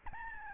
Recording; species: mosquito wingbeat signal from an infrared sensor; Aedes albopictus